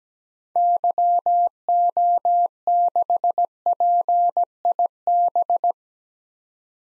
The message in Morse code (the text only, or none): YO6PIB